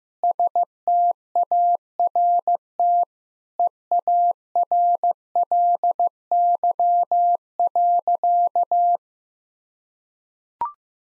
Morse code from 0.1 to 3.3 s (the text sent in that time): START